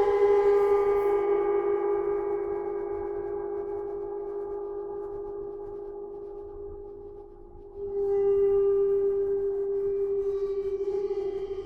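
A gong rings with a steady low hum and bright overtones, fading until a fresh strike near eight seconds swells it again.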